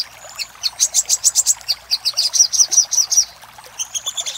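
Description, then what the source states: Little spiderhunter song of rapid, high, sharp notes in a continuous run, easing briefly before a final quick burst. For training cage birds; Indonesian name sogok ontong, labelled labaik.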